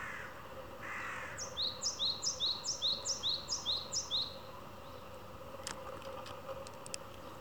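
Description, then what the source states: Japanese tit song: a rapid run of several two-note phrases, a high note then a lower one, lasting about three seconds, followed by faint clicks. Repeated tsu-pee tsu-pee song; the tone and rhythm of the voice change subtly partway through.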